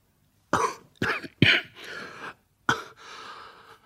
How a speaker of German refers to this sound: Es hilft nichts. Ich kann den Husten nicht unterdrücken.